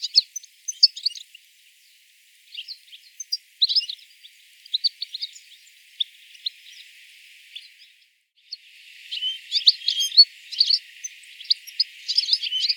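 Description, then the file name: European Goldfinch giving scattered high tinkling chirps, falling silent around eight seconds, then resuming with a busier run of bright twittering notes over faint hiss. "Carduelis carduelis"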